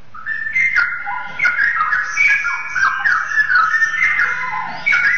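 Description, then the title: Oriental magpie-robin song, a continuous loud stream of varied whistles, slurred notes and warbles with hardly any pause. "Kicau Kacer"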